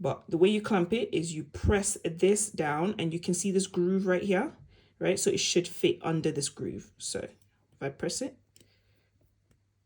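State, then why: Seated. Someone talks while pressing a plastic clamp down hard onto the tubing of a Limerick Joy breast pump so it fits under a groove, closing off the left side. A short, faint click sounds at 8.6 s, and the clamp is seated shut.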